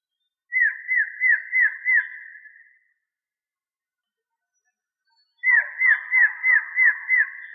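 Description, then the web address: Variable antshrike with two bursts of falling whistled notes, five then six, separated by a few seconds of silence. "inkaterra asociacion org. Variable Antshrike"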